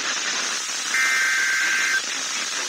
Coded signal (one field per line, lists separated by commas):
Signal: Emergency Alert System (SAME) tones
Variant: header bursts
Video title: Final Monthly and Weekly of May (EAS #18741-18769) 5/29/24